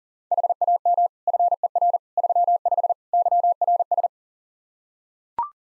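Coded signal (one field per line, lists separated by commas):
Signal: Morse code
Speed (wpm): 40 wpm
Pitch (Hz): 700 Hz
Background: none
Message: HAM FER 35 YRS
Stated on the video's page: Morse code practice QSO at 40 wpm, "More Information" segment (ham fer, age, occupation), each segment sent, spoken, then sent again.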